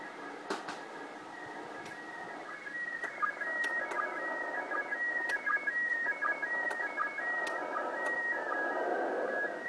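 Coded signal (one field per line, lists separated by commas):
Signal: SSTV (slow-scan television)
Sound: warbling, chirping tone shifting between pitches, broken by regular short low sync pulses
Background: radio static, clicks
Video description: showing the computer decoding the sstv pics from the iss in vk3 using my ic 7100 and a 9 element lfa antenna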